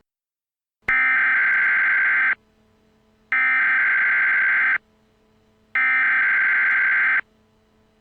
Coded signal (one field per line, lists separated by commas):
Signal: Emergency Alert System (SAME) tones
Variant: header bursts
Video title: Greater Cincinnati Northern Kentucky EAS Nuclear Attack Warning